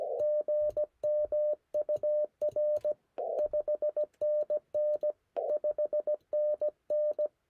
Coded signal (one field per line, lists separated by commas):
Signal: Morse code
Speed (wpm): 18 wpm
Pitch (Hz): 590 Hz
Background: none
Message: GM UR 5NN 5NN